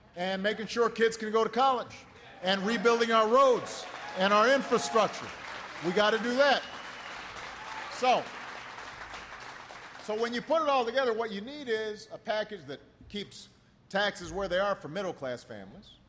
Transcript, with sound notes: and making sure kids can go to college, and rebuilding our roads and our infrastructure. (Applause.) We’ve got to do that. So when you put it all together, what you need is a package that keeps taxes where they are for middle-class families;